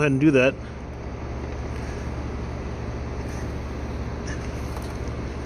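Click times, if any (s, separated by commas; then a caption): none. An HID bulb with its dust-seal assembly is lined up at the back of a 2015+ Toyota Camry headlight housing, ready to be twisted to lock against a thick rubber seal. Someone talks briefly at the start, then a steady low hum continues with faint handling noise. Nothing has seated or clicked yet.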